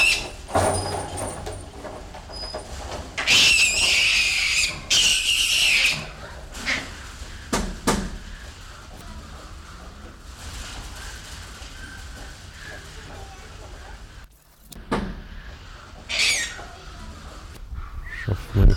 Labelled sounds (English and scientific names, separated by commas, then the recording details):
Gray-cheeked Mangabey (Lophocebus albigena)
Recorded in captivity
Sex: pair
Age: adult
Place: Zoo Berlin, Berlin, DE
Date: 1994-09-10 14:17
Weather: bedeckt, 15°C, z.T. Regen
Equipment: Marantz CP 430, Sennheiser ME 80, Kopie Uher Variocord 263
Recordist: Tembrock, Günter
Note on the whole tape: (Cercocebus aterrimus): Paar, sich verfolgend, helle Laute - Weibchen; dunkle (leisere) Laute - Männchen